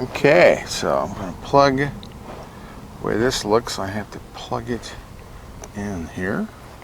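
A tow mirror wiring harness connector is being handled at the vehicle-side plastic connector in a Ford F150 truck door harness while someone talks. Faint handling noises sit under the speech, and a small sudden sound comes right at the end around 6.8 s. Nothing has seated or clicked yet.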